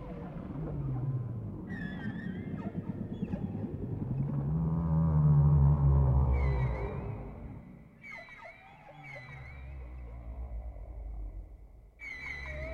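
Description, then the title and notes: Whale song: high whistled tones near the top, repeated in short bursts, over a continuous low pulsing rumble and a swelling deep moan in the middle. Whale sounds presented without music, intended for sleep. "WHALE SOUNDS, WHITE NOISES. WHALE SOUNDS WITHOUT MUSIC"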